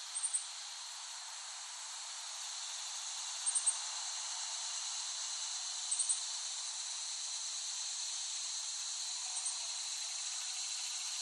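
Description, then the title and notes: Even cicada chorus humming steadily, broken by short bursts of high chirps every few seconds. Cicadas, West Brighton, Staten Island, late summer 2008. "Dronecast. The Cicadas of Summer. Recording of cicadas made by Dan Bodah in West Brighton, Staten Island, late summer 2008"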